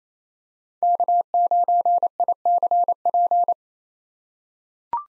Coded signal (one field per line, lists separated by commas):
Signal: Morse code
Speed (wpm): 27 wpm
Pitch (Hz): 700 Hz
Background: none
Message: K9ICP